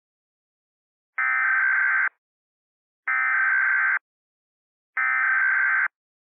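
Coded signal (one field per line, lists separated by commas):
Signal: Emergency Alert System (SAME) tones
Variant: header bursts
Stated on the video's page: Remastered fictional EAS scenario about an airborne virus.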